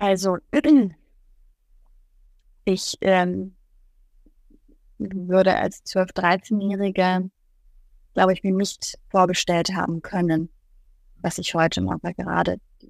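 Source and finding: Adult woman speaking German. Stuttering.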